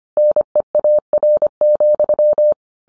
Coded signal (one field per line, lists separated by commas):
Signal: Morse code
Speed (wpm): 25 wpm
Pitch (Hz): 600 Hz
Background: none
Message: NEAR,